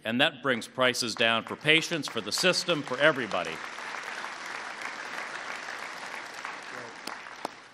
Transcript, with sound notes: And that brings prices down for patients, for the system, for everybody. (Applause.)
Great.